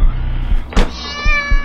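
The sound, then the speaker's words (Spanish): A sharp noisy burst gives way to a single drawn-out, high, wavering cat meow in the main hallway of a house, with soft low thumps pulsing underneath. “Tranquilos, que solo es un gato.”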